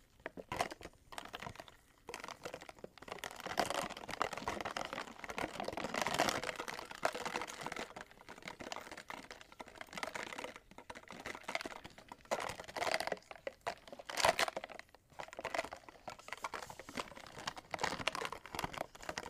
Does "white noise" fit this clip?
no